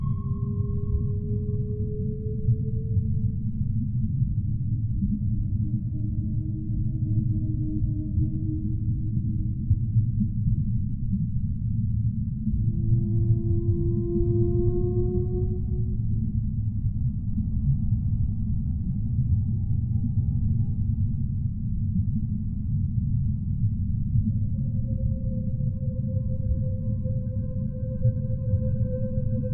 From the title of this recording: The sound of whales in the bay, swimming in the deep sea